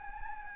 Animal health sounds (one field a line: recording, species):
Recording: mosquito wingbeat signal from an infrared sensor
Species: Anopheles gambiae